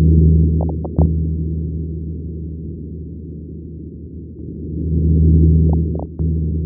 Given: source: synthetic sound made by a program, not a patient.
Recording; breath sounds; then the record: synthetic breath sounds; fine crackles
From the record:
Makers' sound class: crackles